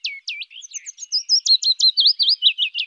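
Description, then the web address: Willow warbler singing a high, thin song: a rapid series of sweet descending and looping notes, becoming a regular run of quick repeated phrases, with no other sounds. "Phylloscoupus trochilus"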